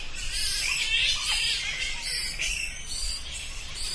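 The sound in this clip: Bats calling: a continuous stream of shrill, rasping squeaks and twitters with no pauses.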